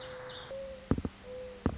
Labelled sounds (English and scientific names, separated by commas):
Mourning Dove (Zenaida macroura)